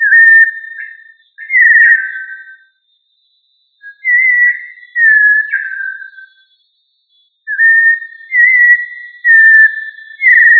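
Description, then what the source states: Thrush singing fluted, slurred whistled phrases in bursts separated by brief silences, with a thin constant tone in the background. Family Turdidae; called sabiá.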